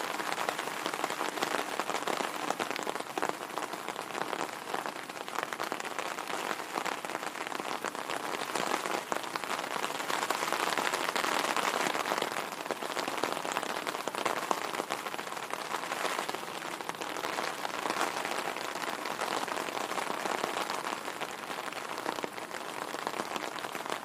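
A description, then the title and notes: Rain patters steadily on an umbrella, a dense, even spray of fine taps that stays constant for the whole stretch. The sound sits mostly in the middle and upper range, with little low rumble and no other noises breaking through. Umbrella Rain ASMR Sound. The rhythmic pat of rain falling on an umbrella.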